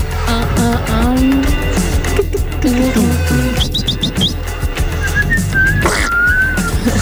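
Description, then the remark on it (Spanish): Someone attempts to whistle, producing a few thin, wavering tones and short high chirps that break off, then a rising sustained whistle, over a constant low rumbling background. “Ay, no sé silbar. No puedo silbar.”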